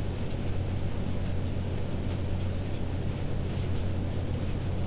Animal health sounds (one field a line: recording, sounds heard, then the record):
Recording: poultry house recording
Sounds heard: no chicken sound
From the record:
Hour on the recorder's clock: 22